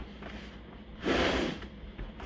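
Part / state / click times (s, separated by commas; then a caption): gasketed lid onto a cache container / not seated / none. A gasketed lid is being pressed onto a packed resupply cache container by hand. A steady low background gives way to a loud, broad rushing burst from about 1.0 to 1.5 s, then a faint short tap near 2.2 s. The lid has not clicked or seated yet when the clip ends.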